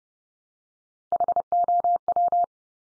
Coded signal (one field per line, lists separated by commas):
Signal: Morse code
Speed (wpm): 30 wpm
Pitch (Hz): 700 Hz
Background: none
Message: HOW